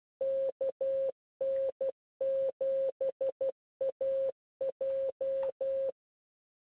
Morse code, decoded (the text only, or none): KN7AJ